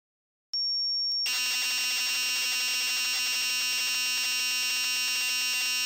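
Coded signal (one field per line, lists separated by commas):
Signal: computer data on cassette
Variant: MSX cassette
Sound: short steady high pitched lead tone, then harsh continuous buzzing data screech with rapid ticking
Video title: Match Day II (MSX) - Full tape loading sequence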